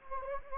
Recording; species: mosquito wingbeat signal from an infrared sensor; Anopheles gambiae